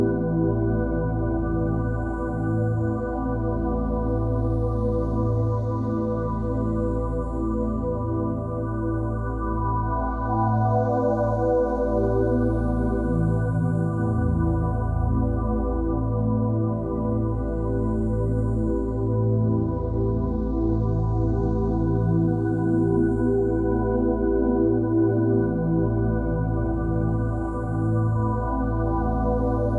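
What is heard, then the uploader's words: An outer space drone of thick, layered low tones holds steady for the full half minute, its deep hum slowly shifting and pulsing. Faint, airy whooshes drift in high above every few seconds, while the overall loudness stays constant. Outer Space Drone.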